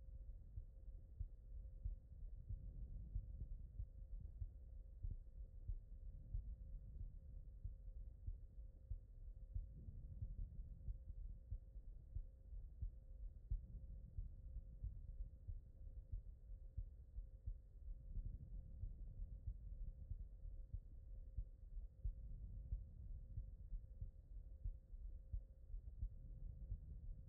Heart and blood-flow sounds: heart sounds by stethoscope; pulmonary valve (PV)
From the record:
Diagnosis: non-HFrEF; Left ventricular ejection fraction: 58%

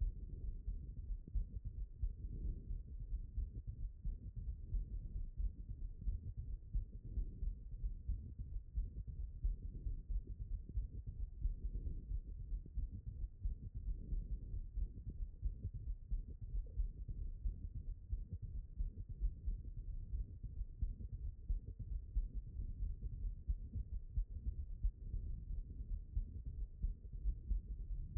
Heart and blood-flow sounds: heart sounds by stethoscope; pulmonary valve (PV)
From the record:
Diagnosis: HFrEF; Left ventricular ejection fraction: 28%

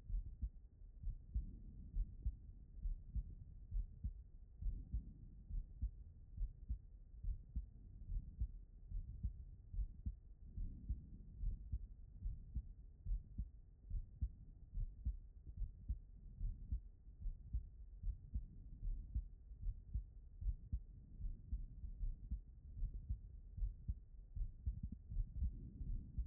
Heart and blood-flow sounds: heart sounds by stethoscope; aortic valve (AV)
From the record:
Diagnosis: non-HFrEF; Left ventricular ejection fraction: 51%

